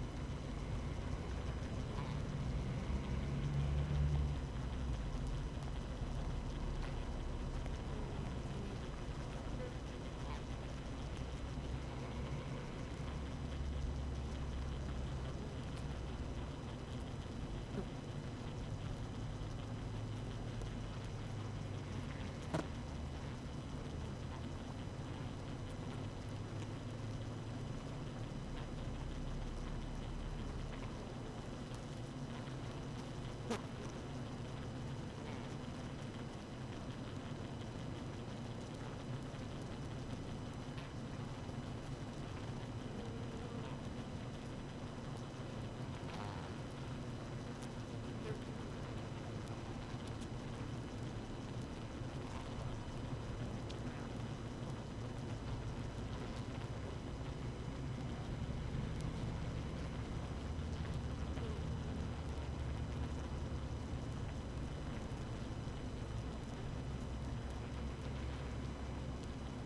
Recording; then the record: honeybee colony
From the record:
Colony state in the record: active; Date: 12 June 2018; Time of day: 6:51